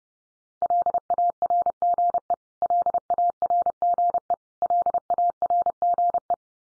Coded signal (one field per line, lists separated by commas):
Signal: Morse code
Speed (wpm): 30 wpm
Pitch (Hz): 700 Hz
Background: none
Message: LARGE LARGE LARGE